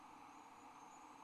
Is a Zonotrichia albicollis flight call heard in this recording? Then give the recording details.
no. No flight call is heard. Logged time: 22:29 on 29 November 2014